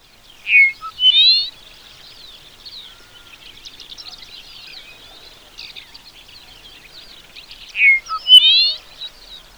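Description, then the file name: Dupont's lark song: a clear whistled note followed by a rising, buzzy trill, the phrase heard twice about seven seconds apart over faint background chirping. "Chersophilus duponti"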